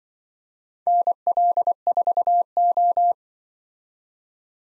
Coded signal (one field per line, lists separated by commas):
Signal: Morse code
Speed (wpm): 25 wpm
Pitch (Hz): 700 Hz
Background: none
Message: NL4O